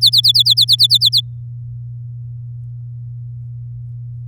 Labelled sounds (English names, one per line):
Domestic Canary song